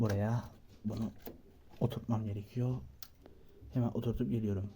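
A 16 GB desktop RAM stick is handled at the motherboard DIMM slot while the case stands upright, and insertion is stiff. Someone talks through most of the clip, with a brief sharp tick at 3.0 s and a faint one at 3.3 s. Nothing has seated or clicked yet.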